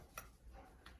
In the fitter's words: Ouviram o clique? É hora de puxar, ele fica bem certinho,